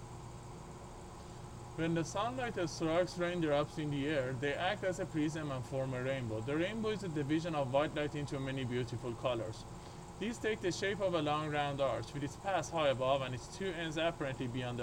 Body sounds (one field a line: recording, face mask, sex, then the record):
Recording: reading aloud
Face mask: surgical mask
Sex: male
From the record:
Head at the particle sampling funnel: tilted up or above it, chin in front of it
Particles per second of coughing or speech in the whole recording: 0.124